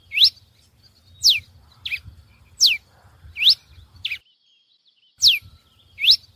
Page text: TICO TICO REI CINZA (Coryphospingus Pileatus)